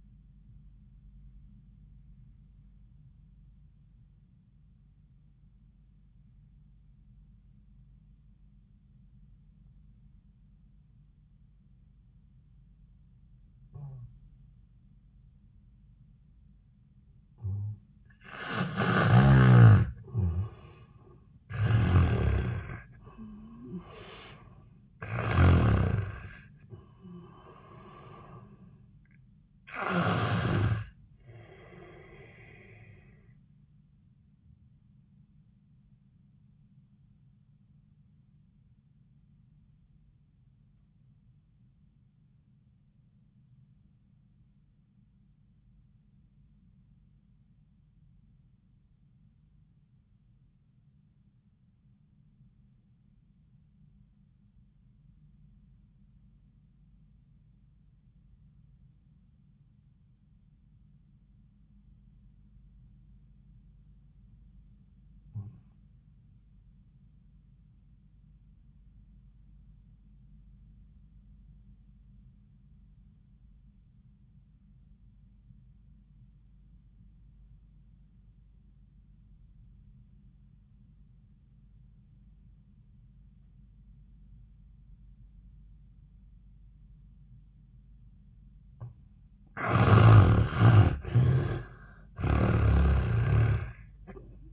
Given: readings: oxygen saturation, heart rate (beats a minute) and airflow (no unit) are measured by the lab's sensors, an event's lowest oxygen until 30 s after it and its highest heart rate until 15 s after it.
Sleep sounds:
breathing in sleep by a smartphone at the bedside; 2
3.00-21.00 s: obstructive apnea (N1, oxygen 97% highest, then 81% lowest, heart rate 81 at the start, 82 highest)
35.00-90.10 s: obstructive apnea (N1, oxygen 97% highest, then 73% lowest, heart rate 75 at the start, 85 highest)
62.00-92.00 s: new sleep stage, REM sleep
92.00-94.53 s: new sleep stage, N1 (lightest sleep)
From the record:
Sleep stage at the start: N1 (lightest sleep); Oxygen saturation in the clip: 79 to 97%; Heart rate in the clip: 55 to 91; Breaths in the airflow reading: 6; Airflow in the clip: -8.2 to 4.5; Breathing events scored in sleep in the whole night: 400 in 8.7 hours asleep

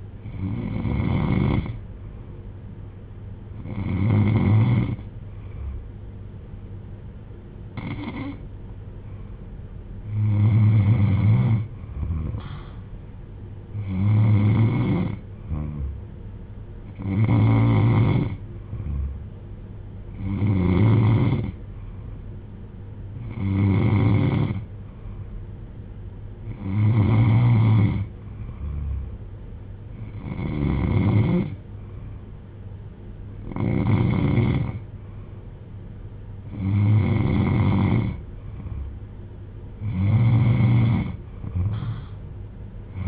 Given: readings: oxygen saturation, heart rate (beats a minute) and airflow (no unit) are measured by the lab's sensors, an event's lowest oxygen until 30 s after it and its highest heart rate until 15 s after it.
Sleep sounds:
breathing in sleep by a smartphone at the bedside; none
2.00-43.08 s: new sleep stage, N2 (light sleep)
From the record:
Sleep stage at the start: N3 (deep sleep); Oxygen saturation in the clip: 93 to 95%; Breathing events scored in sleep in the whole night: 310 in 8.1 hours asleep

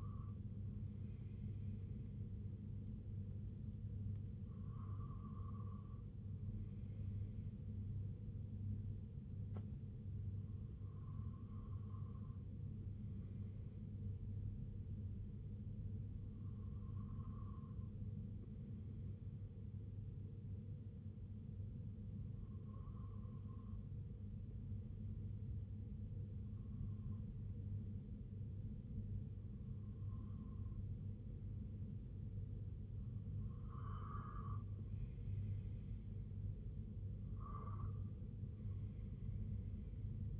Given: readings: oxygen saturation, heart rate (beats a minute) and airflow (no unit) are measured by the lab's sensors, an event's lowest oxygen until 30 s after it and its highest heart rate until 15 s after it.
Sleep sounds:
breathing in sleep by a smartphone at the bedside; none
29.00-40.40 s: new sleep stage, REM sleep
From the record:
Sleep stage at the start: N1 (lightest sleep); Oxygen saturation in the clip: 94 to 97%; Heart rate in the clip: 61 to 74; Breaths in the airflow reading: 9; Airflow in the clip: -6.9 to 4.0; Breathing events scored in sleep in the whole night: 258 in 7.4 hours asleep

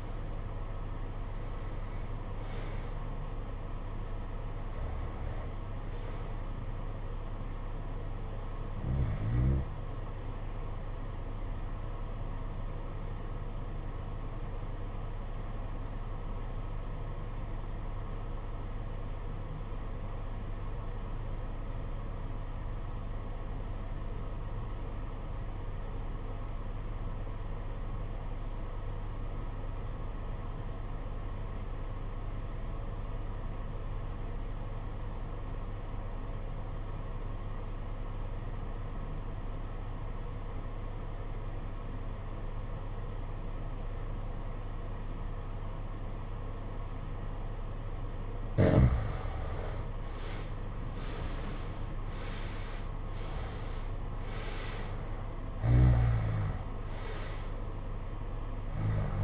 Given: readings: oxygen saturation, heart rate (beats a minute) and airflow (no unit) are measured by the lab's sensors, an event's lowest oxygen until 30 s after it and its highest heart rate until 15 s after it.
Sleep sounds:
breathing in sleep by a smartphone at the bedside; 1
13.00-49.70 s: obstructive apnea (REM, oxygen 94% highest, then 72% lowest, heart rate 62 at the start, 91 highest)
From the record:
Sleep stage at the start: REM sleep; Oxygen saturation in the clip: 71 to 94%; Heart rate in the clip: 54 to 91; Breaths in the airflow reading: 7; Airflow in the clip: -14.8 to 13.2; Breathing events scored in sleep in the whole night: 476 in 9.7 hours asleep

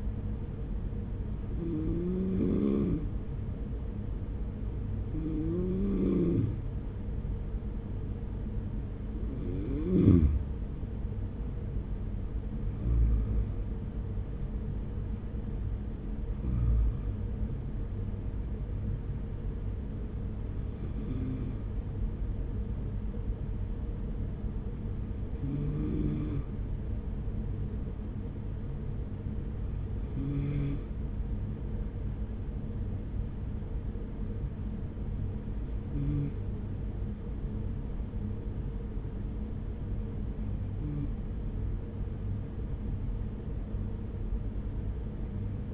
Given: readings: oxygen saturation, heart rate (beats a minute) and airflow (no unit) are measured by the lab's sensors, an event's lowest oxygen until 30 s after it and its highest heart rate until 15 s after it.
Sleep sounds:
breathing in sleep by a smartphone at the bedside; none
none scored
From the record:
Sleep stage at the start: N2 (light sleep); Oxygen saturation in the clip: 91 to 96%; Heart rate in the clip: 41 to 52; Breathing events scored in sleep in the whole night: 210 in 6.9 hours asleep

